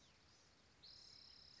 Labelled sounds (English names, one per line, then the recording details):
Spotted Towhee
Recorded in Sonoma County, California